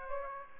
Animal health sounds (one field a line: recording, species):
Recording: mosquito wingbeat signal from an infrared sensor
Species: Aedes aegypti